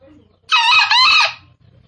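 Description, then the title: Green junglefowl crowing: a single harsh, hoarse two-part crow lasting under a second, with quiet low rumbling in the background. Call used as a lure to attract junglefowl. "Panggilan Ayam Hutan. Suara Ayam Hutan Hijau Green Jungle Fowl"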